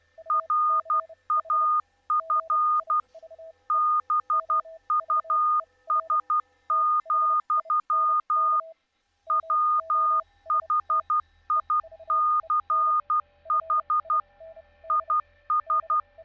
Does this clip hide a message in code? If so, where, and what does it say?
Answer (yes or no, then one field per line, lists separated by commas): yes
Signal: Morse code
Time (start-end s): 0.3-16.0 s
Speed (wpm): 12 wpm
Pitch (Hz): 1220 Hz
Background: none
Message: RAF BUS, WHICH IS